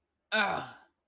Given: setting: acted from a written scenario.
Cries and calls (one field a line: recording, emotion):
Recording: vocal sound without words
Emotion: pain